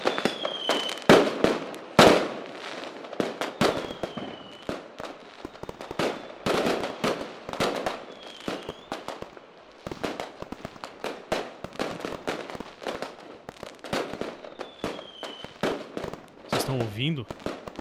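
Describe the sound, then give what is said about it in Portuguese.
A New Year fireworks display in full swing: dense, irregular volleys of sharp booms and crackling bangs, with thin whistles of rockets rising between bursts and faint voices underneath. “São fogos de artifício. Peraí, a queima de fogos?”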